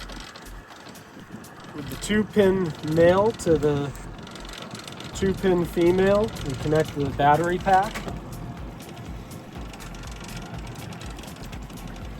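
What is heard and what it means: Someone talks while handling a battery pack cable, getting ready to push its two-pin male connector onto the two-pin female connector of a Y cable. A few faint short handling ticks are heard over a quiet background, but nothing has seated or clicked yet.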